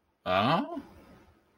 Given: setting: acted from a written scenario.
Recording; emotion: vocal sound without words; interest